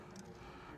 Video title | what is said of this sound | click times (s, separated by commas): BMW F30 Rear Brake Pad & Disc Replacement DIY (Brembo M-Sport 2, 3, & 4-Series) | should just click into place on the new pad like so | 0.2 s